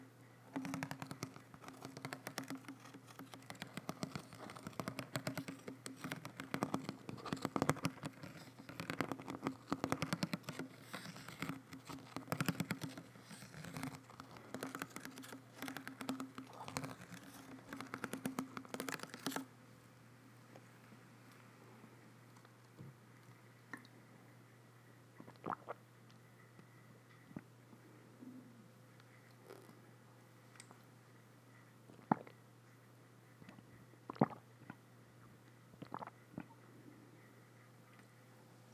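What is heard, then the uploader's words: Drinking water: for the first twenty seconds, quick, dense wet lapping and slurping sounds come in a rapid patter. Then it stops abruptly, leaving a steady low hum and a few scattered clicks and small knocks. Drinking Water Sounds.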